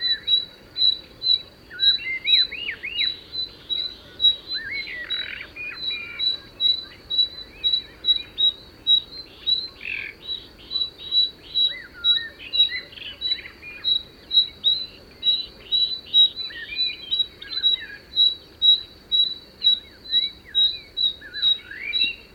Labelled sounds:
Common Nightingale (Luscinia megarhynchos) call
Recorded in the wild
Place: Dumbraveni, Transilvania, RO
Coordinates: 46.23, 24.575
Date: 1976-06-05 18:14
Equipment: Nagra III BH, Sennheiser MD 21, parabola
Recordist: Schubert, Michael
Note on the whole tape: Nachtigall, warnendes Paar

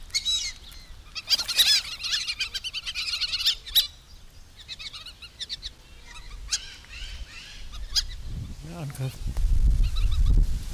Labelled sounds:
Fulvous Whistling Duck (Dendrocygna bicolor) call
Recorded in captivity
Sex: group
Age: adult
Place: Zoo Berlin, Berlin, DE
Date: 1998-10-17 14:41
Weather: fair, 14°C, gusty winds
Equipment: Sony MD-WM MZ-R3, Sennheiser MKH 416 T, Kopie Uher 4000 Report Monitor
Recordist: Tembrock, Günter

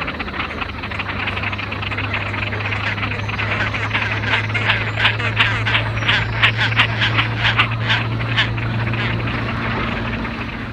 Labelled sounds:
Great Crested Grebe (Podiceps cristatus) call
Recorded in the wild
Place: Schwerin, Schweriner Innensee, Mecklenburg-Vorpommern, DE
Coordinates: 53.683, 11.46
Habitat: lake
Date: 1975-05-09 03:30
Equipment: Nagra III BH, Sennheiser MD 21, parabola
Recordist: Schubert, Michael
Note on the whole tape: Haubentaucher - Kolonie

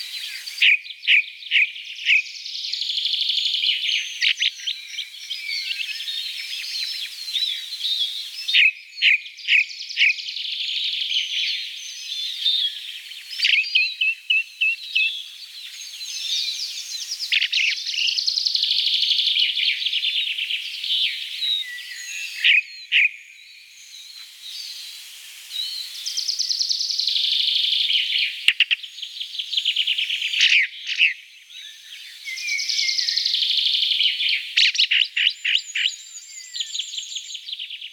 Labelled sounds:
Ring Ouzel (Turdus torquatus) song
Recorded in the wild
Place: Kandel /Schwarzwald; Waldkirch, Baden-Württemberg, DE
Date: 1985-05-15
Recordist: Schwarz, Dieter
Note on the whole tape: Song

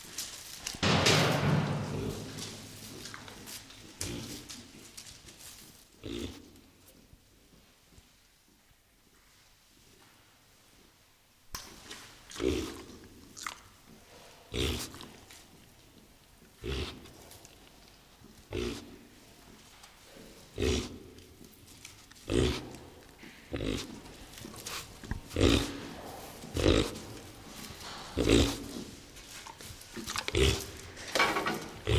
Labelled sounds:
White-lipped Peccary (Tayassu pecari) call
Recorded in captivity
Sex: diverse
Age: diverse
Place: Zoo Berlin, Berlin, DE
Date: 2002-09-30 17:14
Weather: fair, ca. 16-17°C
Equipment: Nagra SN, Kopie Uher 4000 Report Monitor
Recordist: Tembrock, Günter

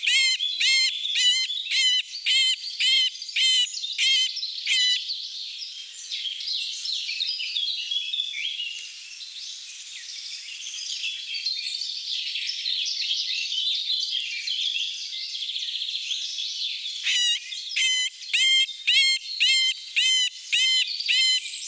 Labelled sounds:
Middle Spotted Woodpecker (Dendrocopos medius) song
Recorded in the wild
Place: Merdingen bis Ihringen / Kaiserstuhl, Baden-Württemberg, DE
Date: 1980-05-10
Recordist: Schwarz, Dieter

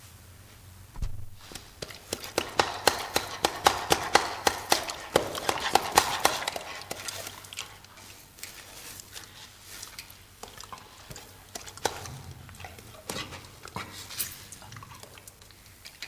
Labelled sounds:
Chimpanzee (Pan troglodytes) call
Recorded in captivity
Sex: male
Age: adult
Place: Zoo Rostock, Mecklenburg-Vorpommern, DE
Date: 1984-02-03 11:00
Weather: bedeckt, 3-5°C
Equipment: Nagra SN, Kopie Uher 4000 Report Monitor
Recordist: Tembrock, Günter

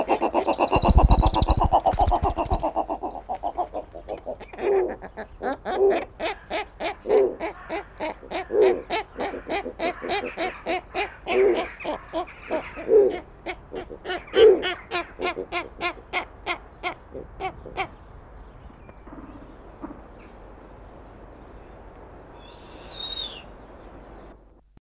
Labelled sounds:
Snowy Owl (Bubo scandiacus) call
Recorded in captivity
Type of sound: call
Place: Zoo Hannover, Niedersachsen, DE
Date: 1981-03-24
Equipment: Halbspur, 9,5 cm/s
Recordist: Lütgens, Hans
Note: Vorbalz

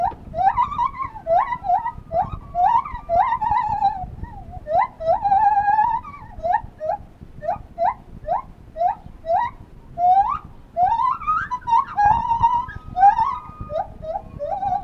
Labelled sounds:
Lar Gibbon (Hylobates lar)
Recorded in captivity
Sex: male
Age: adult
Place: Tierpark Berlin, Berlin, DE
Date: 1968-10-19
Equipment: Uher 4200 Report Stereo, Sennheiser MD 421
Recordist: Tembrock, Günter

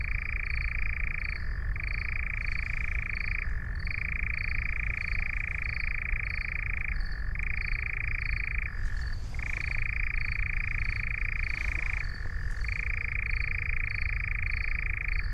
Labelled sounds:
Eurasian Nightjar (Caprimulgus europaeus) song
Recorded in the wild
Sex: male
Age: adult
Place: Schönow, Naturpark Barnim, Brandenburg, DE
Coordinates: 52.6914, 13.5069
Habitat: meadow
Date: 2009-06-08 22:20
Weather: heiter, ca. 20 °C
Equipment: Sound Devices 702, Rode NT1-A Stereopaar
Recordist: Frommolt, Karl-Heinz

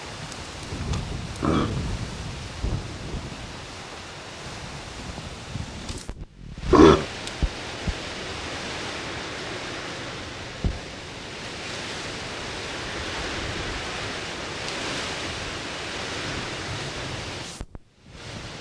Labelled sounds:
Reindeer (Rangifer tarandus) call
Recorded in captivity
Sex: diverse
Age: diverse
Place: Zoopark Erfurt, Thüringen, DE
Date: 1966-09-01
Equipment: Uher 4000 Report-S, Transistorverstärker II, Sennheiser MD 421
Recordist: Tembrock, Günter

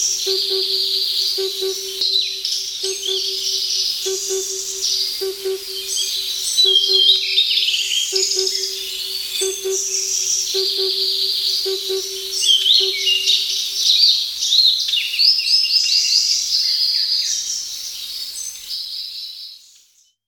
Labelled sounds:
Himalayan Cuckoo (Cuculus saturatus) song
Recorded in the wild
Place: Ussuriskij-Reservat, RU
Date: 1994-06-07
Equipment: Dat-Recorder Casio DA 7, Telinga DAT, Telinga-Parabolspiegel
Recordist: Schwarz, Dieter
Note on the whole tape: Song

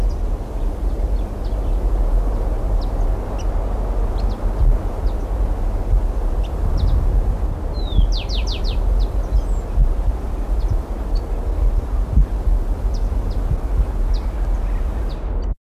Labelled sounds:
Tufted Tit-Spinetail (Leptasthenura platensis) contact call, Rufous-collared Sparrow (Zonotrichia capensis)
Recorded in the wild
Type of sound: contact call
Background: Zonotrichia capensis
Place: Buenos Aires, AR
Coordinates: -34.56, -58.45
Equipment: Halbspur, 9,5 cm/s
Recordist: Lütgens, Hans
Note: Belgrano (Buenos Aires): Kontaktrufe

